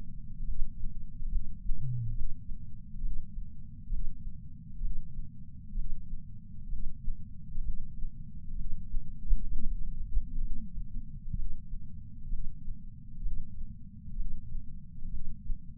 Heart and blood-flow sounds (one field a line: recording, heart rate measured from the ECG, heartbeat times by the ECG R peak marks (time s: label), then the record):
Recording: heart sounds by patch sensor on the chest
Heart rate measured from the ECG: 66 bpm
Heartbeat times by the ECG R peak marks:
0.44 s: heartbeat
1.29 s: heartbeat
2.14 s: heartbeat
3.02 s: heartbeat
3.90 s: heartbeat
4.81 s: heartbeat
5.75 s: heartbeat
6.69 s: heartbeat
7.62 s: heartbeat
8.55 s: heartbeat
9.48 s: heartbeat
10.41 s: heartbeat
11.36 s: heartbeat
12.29 s: heartbeat
13.22 s: heartbeat
14.16 s: heartbeat
15.10 s: heartbeat
From the record:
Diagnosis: coronary artery disease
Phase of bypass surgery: preoperative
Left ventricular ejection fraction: 52.3%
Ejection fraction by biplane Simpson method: 38%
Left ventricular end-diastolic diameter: 62 mm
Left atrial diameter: 45 mm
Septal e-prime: 4 cm/s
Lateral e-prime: 7 cm/s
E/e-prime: 12.2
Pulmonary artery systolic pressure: 24 mmHg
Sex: male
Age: 61 years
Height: 174 cm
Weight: 80 kg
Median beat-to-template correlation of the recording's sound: 0.91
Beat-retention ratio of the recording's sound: 0.97